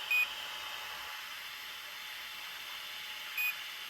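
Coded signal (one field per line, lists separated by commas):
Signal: beep code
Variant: Team Associated ESC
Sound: a single short high beep, repeated after about three seconds, over steady hiss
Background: steady background hiss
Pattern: 1 short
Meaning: Setting value 1 is selected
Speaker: all right that's on number one now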